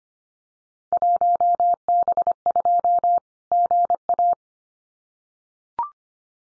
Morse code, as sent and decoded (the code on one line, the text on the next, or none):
.---- -... ..--- / --. .-
1B2 GA